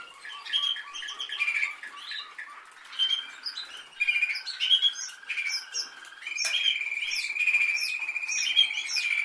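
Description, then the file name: Canary song of chirpy phrases and short trills, switching to a sustained high rolling trill for the last few seconds. "Canary Voice"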